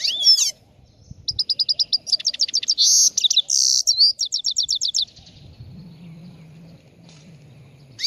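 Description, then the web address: Chegolín song: a sweeping note, then a steady run of high chirps, harsh rasping bursts and a fast trill; low hum in the background afterwards. Morning song, recorded on the roof of a house. "el canto matutino del chegolin en el tejado de casa"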